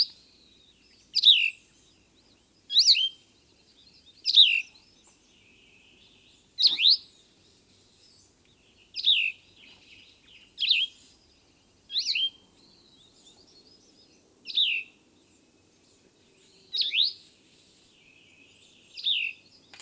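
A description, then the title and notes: A Cassin's Vireo repeats short, burry phrases, high and bright, roughly every one and a half to two seconds. Each phrase is brief, with clear silence between, over a quiet, still background. Cassin's Vireo.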